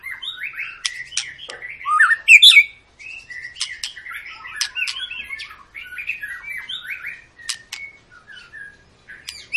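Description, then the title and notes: White-rumped shama song: a dense, fast run of chattering twitters and short whistles, varied and continuous with a few brief gaps, over a quiet background. Lure song (pancingan) meant to make birds sing; long, gacor-style singing. "Pancingan Murai Batu Gacor Panjang. muraiku"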